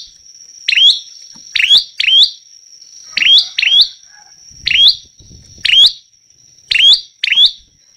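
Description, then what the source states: Prinia song: nine snappy chirps, often paired, with brief pauses between, over a steady high-pitched tone. Persistent, loud singing (gacor) meant as a tutoring track (masteran) for teaching songbirds.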